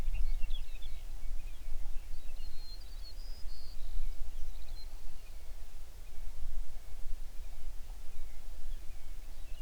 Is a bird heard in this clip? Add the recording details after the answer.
yes. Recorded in the Prudhoe Bay oil fields, Alaska, on 11 June 2019 at 05:04. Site 21